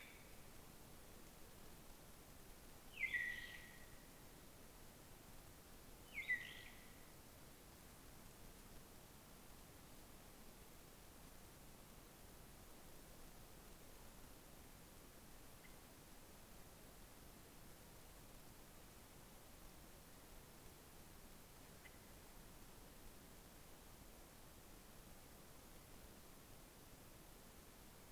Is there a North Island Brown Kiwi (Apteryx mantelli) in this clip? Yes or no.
no